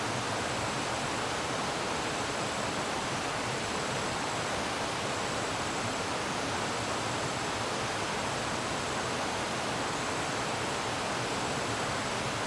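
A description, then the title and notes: A rainforest waterfall pours steadily, a dense, unbroken rush of water filling everything from low rumble to bright hiss. The roar stays level for the whole stretch with no pauses. A faint thin high tone runs constantly behind the water. Calm waterfall in the rainforest. The sound of a waterfall in a remote part of the rainforest is peaceful and soothing.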